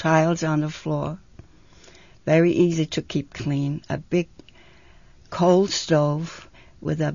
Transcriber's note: none